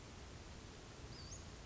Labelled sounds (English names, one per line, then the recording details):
Western Flycatcher
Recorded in Sonoma County, California